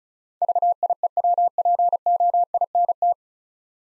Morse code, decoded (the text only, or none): VIEWPOINT